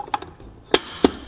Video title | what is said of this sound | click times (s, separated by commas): Amtryke Paceline Assembly | And you want to wait until you hear that click. | 0.8 s